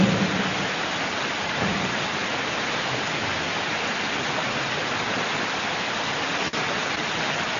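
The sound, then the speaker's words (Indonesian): Steady, dense rain hisses continuously across the whole stretch, a broad even wash of noise with no pauses, plus a brief dip near the end. “Ini hujan, itu mau pulang kah?”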